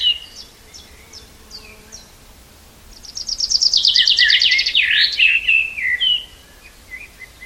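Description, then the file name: Common chaffinch singing one loud song: a rapid run of repeated notes falling in pitch, finishing with a flourish, preceded by soft evenly spaced high chips. "Fringilla coelebs"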